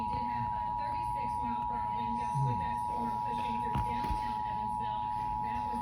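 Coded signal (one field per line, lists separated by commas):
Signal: Emergency Alert System (SAME) tones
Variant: 853 and 960 Hz attention tone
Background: speech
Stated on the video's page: Severe thunderstorm warning activation heard on an FM broadcast station at 104.1 MHz.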